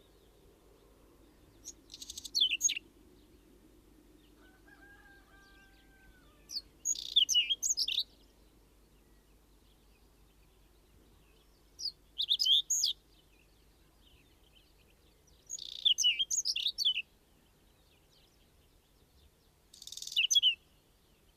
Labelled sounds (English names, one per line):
Whinchat song